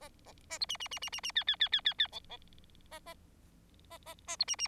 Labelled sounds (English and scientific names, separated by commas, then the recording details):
Bengalese Finch (Lonchura striata domestica) song
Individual Bird4